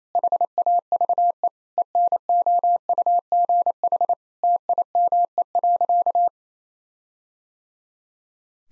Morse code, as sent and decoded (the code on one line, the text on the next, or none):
.... .- ...- . / . -. --- ..- --. .... / - .. -- . .-.-.-
HAVE ENOUGH TIME.